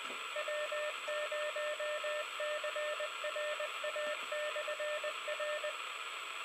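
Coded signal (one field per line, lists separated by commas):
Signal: Morse code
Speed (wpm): 20 wpm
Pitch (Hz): 600 Hz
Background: radio noise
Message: W0CRA/R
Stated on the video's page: QSO heard on 145.145 MHz on a Yaesu FT-2800M.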